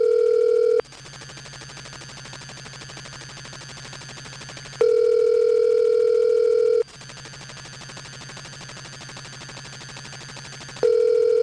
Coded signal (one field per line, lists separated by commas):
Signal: telephone call progress tone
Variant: North America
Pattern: ringback tone